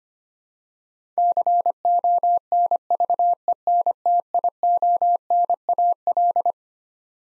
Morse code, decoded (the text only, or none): CONVENTIONAL